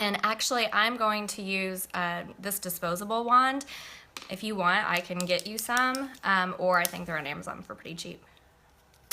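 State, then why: Released. Someone talks for most of the clip, then pauses. The plastic cap of a new lip color tube is opened and releases with a sharp click at 9.1 s.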